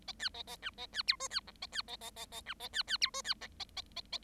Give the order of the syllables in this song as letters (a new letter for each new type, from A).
A B A A C A B D E B F A B A A A A C A B B D E B A A A A A